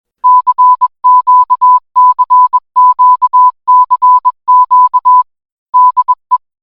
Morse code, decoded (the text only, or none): CQ CQ CQ DE